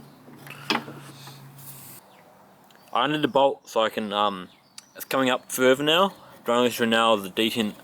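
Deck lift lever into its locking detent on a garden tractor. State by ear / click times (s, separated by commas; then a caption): not seated / none. The handbrake-style mower deck lift lever on a New Zealand-made Power Pony garden tractor is pulled up after its rod has been adjusted, with sharp metallic ratcheting snaps at about 0.5 and 0.7 s over a low steady hum, then someone talks. The lever draws through the detent but doesn't come up far enough to lock in because of rust, so nothing has clicked into its locking detent yet.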